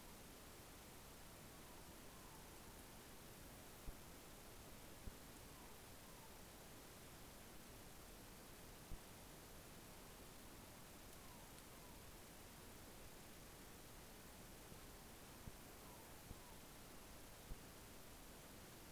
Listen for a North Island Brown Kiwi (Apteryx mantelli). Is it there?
no